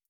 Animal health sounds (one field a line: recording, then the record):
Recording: hydrophone in a shrimp aquaculture tank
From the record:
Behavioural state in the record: feeding